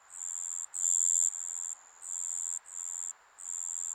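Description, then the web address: High, whining insect buzz that pulses on and off in bursts of about half a second, with a thin steady tone carrying through the gaps. Japanese summer insect ambience. "Sound Effects-Foundation 1 AMBIENCE JAPANESE SUMMER INSECTS 03"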